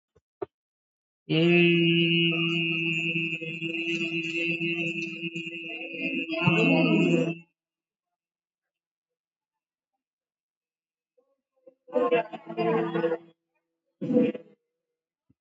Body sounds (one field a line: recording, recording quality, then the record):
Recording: sustained vowel as in made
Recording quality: moderate, slight background noise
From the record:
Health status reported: COVID-19 positive, mild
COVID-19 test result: positive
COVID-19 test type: RT-PCR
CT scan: taken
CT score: 6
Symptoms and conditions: cough, cold, fatigue, muscle pain, another respiratory illness, hypertension, diabetes, ischaemic heart disease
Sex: female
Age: 63 years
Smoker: no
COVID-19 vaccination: both doses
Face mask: worn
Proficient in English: yes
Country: India